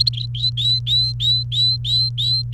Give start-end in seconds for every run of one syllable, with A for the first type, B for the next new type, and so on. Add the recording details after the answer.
0.00-0.09 A, 0.13-2.53 B. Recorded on 29 April 2018 at 12:46. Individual llb3